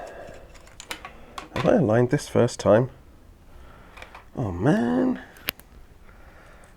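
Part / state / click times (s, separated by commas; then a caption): cleaned bicycle component into its mating part / seated / 5.5 s. A cleaned bicycle component, freshly out of an ultrasonic cleaner, is aligned and pushed home into its mating part while someone talks. A few light taps and handling noises come first, then a sharp, short click at 5.5 s. The part seats in place on the first try.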